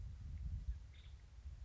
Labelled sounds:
Nuttall's Woodpecker (Dryobates nuttallii)
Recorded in Sonoma County, California

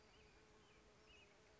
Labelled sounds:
Western Tanager (Piranga ludoviciana)
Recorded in Sonoma County, California

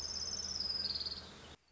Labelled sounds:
Orange-crowned Warbler (Leiothlypis celata)
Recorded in Sonoma County, California

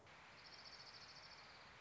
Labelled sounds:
Orange-crowned Warbler (Leiothlypis celata)
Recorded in Sonoma County, California

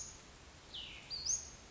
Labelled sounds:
Western Flycatcher (Empidonax difficilis)
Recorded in Sonoma County, California

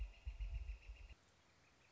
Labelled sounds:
Northern Flicker (Colaptes auratus)
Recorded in Sonoma County, California

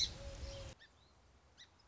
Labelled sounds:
Song Sparrow (Melospiza melodia)
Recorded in Sonoma County, California

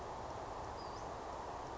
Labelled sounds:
Western Flycatcher (Empidonax difficilis)
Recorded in Sonoma County, California

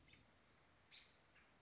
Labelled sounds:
American Robin (Turdus migratorius)
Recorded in Sonoma County, California

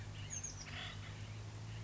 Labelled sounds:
Acorn Woodpecker (Melanerpes formicivorus)
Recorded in Sonoma County, California

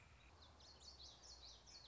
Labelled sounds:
Common Yellowthroat (Geothlypis trichas)
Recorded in Sonoma County, California

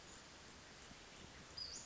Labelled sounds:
Western Flycatcher (Empidonax difficilis)
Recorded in Sonoma County, California

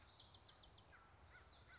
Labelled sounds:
Common Yellowthroat (Geothlypis trichas)
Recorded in Sonoma County, California

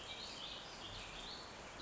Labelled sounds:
Warbling Vireo (Vireo gilvus)
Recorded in Sonoma County, California

